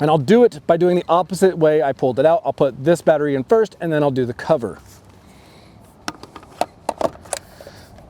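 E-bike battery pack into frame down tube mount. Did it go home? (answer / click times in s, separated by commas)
yes / 6.9 s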